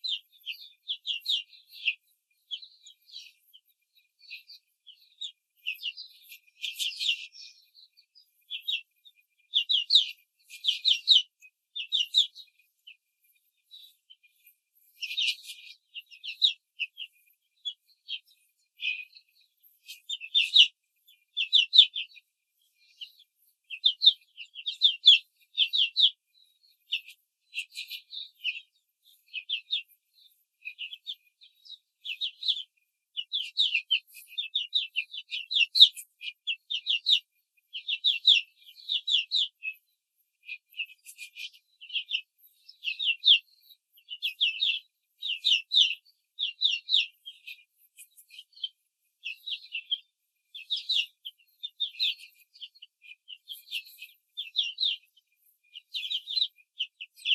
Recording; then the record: young laying hens in a cage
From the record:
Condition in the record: control cage, before the stress test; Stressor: none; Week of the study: 4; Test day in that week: 1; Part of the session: 3